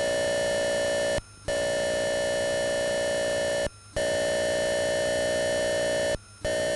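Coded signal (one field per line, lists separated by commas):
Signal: computer data on cassette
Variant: Atari 8-bit cassette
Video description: Follow links below to skip loading sequences : 2:18 = Lesson 1, part 1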